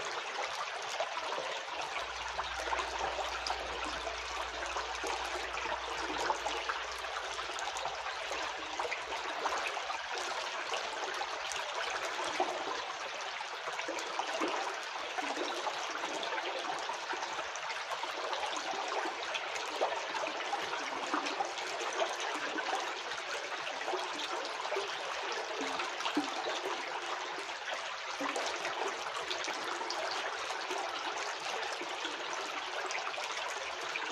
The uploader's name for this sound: the sounds of the creek